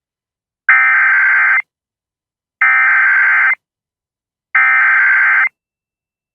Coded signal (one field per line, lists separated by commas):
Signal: Emergency Alert System (SAME) tones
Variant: header bursts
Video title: FL TOR EAS #786 (Hurricane Helene)